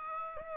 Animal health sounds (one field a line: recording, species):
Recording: mosquito wingbeat signal from an infrared sensor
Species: Aedes aegypti